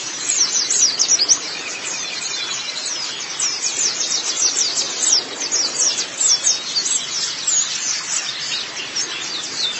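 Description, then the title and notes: White-eye song: dense, rapid, very high twittering with thin down-slurred notes in quick bursts, continuing throughout over low hiss. "Kicauan Burung Pleci Durasi Panjang. Suara kicauan burung pleci"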